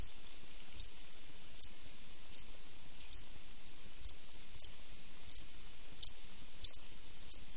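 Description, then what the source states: Cricket chirping, short high pulsed chirps repeated a little more than once per second, with quiet background hiss and faint low thumps. Cricket at night.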